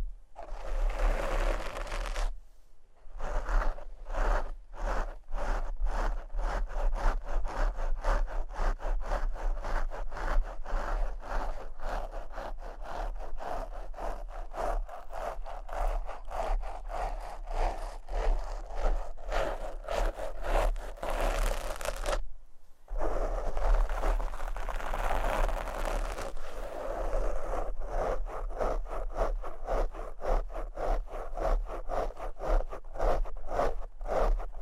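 A microphone is scratched and brushed in rapid, dense back-and-forth strokes with a steady low rumble, pausing briefly near 3 and 22 seconds.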